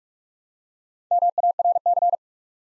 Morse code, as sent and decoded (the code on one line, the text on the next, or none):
-- .- .-. -.-.
MARC